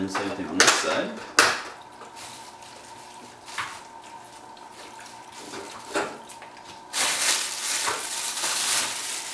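Someone talks while handling the end tab on the housing of a Lithonia Model 1233 shop light fixture, getting ready to pull it up the same way as the tab on the other end. Brief handling knocks and clatters come through, with a sharper one near 3.6 s and steady broadband rustling from about 7 s to the end. Nothing has clicked into place yet.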